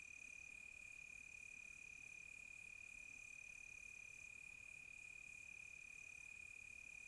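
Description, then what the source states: Crickets trilling in one steady, unbroken high note, with a fainter, higher chirring layer that comes and goes in long stretches above it. Crickets recorded close by on a quiet tropical night.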